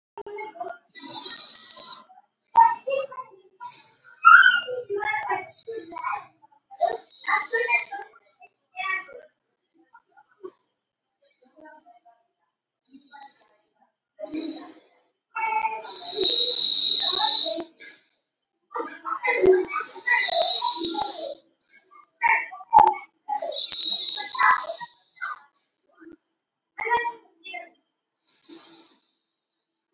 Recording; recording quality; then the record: deep breathing; excellent, no background noise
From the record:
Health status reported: COVID-19 positive, no symptoms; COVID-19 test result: positive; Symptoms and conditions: hypertension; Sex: male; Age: 42 years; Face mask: not worn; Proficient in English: yes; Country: India